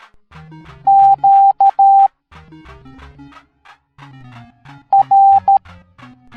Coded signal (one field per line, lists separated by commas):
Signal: Morse code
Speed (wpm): 13 wpm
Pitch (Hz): 790 Hz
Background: music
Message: Q R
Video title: Super Mario Princess Peach Teaching the Morse Code Alphabet Educational Video for Kids